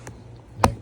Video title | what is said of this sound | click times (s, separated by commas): How to Replace F-150 / F-250 Driver’s Bottom Seat Cover & Foam Cushion replacement (Pro Installer) | gives you when you hear that familiar click, you know you're done good. | 0.6 s